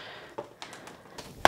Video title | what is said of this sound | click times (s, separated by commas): PS5 Best M.2 SSD - Samsung 980 Pro VS Crucial P5 Plus | let's take some patience but there you go nice click now everything is secure and tight | 1.5 s